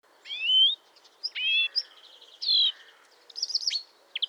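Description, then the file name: European greenfinch calls: a few rising whistled notes and wheezy buzzes, ending in quick twittering trills. "Chloris chloris"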